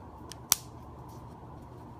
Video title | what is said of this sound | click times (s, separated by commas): Spigen Tough Armor Case for iPhone 6 Plus | You know, did you hear the snap? | 0.5 s